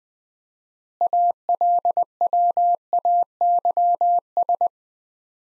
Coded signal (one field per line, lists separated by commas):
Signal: Morse code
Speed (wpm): 21 wpm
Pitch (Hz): 700 Hz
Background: none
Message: ALWAYS